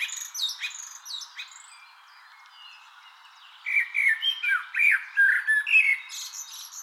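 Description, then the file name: Common blackbird calls: a run of high squeaky chirps, a quiet gap, then a lively burst of short warbled notes in quick succession. "Turdus merula"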